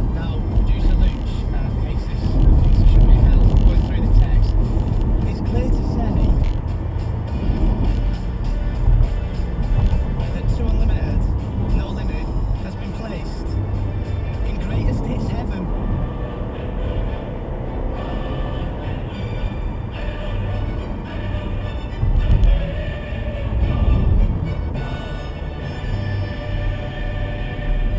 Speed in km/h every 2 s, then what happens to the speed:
71, 72, 77, 74, 76, 76, 76, 79, 87, 87, 79, 72, 74, 50.
0-4 speeds up to 77. 4-12 steady at about 76. 12-16 speeds up to 87. 18-21 brakes to 72. 24-28 brakes to 50.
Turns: none.